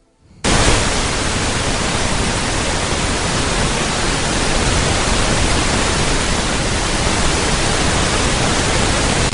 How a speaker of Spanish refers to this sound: El siguiente sonido es el denominado ruido rosa. También comentaré para qué tipo de psicofonía se puede utilizar. Es el ruido blanco prácticamente para casi todas. El ruido rosa tiene una particularidad que ahora la comentaré. Este es el ruido rosa.